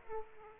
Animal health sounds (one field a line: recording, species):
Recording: mosquito wingbeat signal from an infrared sensor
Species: Aedes aegypti